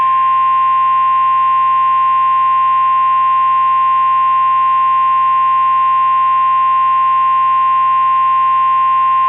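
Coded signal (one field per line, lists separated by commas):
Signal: Emergency Alert System (SAME) tones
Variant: 1050 Hz attention tone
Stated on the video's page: Mock, simulated Blue Alert over NOAA Weather Radio, not a real broadcast.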